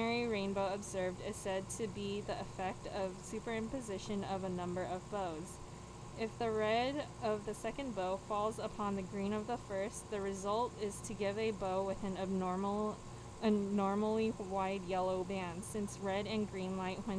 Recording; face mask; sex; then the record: reading aloud; surgical mask; female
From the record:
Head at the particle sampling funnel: tilted down, bridge of the nose in front of it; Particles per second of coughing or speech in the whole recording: 0.343